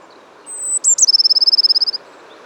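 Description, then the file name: Eurasian blue tit singing: a thin high whistle, two sharp notes, then a fast even trill of many bright notes lasting about a second. "Cyanistes caeruleus"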